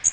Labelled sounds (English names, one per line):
Magnolia Warbler flight call